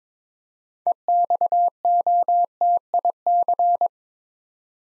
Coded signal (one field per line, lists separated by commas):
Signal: Morse code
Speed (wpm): 22 wpm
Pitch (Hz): 700 Hz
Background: none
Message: EXOTIC